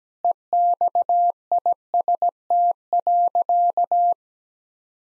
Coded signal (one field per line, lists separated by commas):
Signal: Morse code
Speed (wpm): 17 wpm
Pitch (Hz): 700 Hz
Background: none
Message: EXIST.